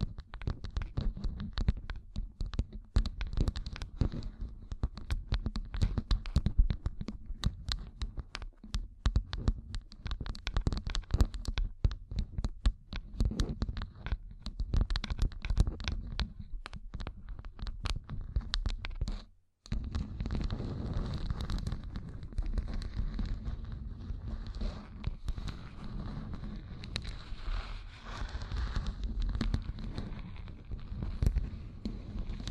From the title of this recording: ASMR Gem Covered Fingertips Tapping and Scratching